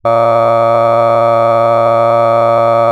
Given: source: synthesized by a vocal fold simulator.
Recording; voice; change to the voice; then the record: sustained vowel; male; cycle-to-cycle stiffness perturbation (roughness), level 6 of 10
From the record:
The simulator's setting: 3.46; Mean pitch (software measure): 115 Hz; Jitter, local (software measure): 1.62%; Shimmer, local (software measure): 6.4%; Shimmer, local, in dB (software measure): 0.55 dB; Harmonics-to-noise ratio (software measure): 15.2 dB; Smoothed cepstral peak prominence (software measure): 19.4 dB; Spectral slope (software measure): -17.0 dB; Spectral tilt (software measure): -11.7 dB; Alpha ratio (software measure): -7.5 dB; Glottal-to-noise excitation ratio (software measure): 0.994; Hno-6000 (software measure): 2.3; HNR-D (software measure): 23.0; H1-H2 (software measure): 5.0 dB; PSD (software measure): 1.1e-04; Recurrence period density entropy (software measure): 0.106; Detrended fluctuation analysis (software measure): 0.0545